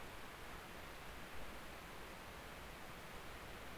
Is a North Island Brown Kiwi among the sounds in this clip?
no